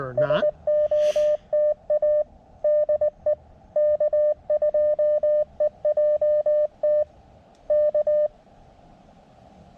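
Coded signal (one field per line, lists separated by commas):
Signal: Morse code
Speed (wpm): 20 wpm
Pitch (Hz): 600 Hz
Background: speech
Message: SOTA DE K2EJT K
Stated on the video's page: CW summit activation on 40m, starting slowly and picking up toward the end.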